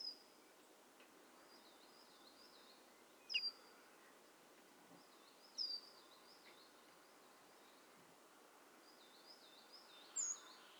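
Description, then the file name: Common chaffinch uttering four short, sharp high call notes at uneven intervals, while another bird sings a soft, wavering warble in the background over steady noise. "Fringilla coelebs"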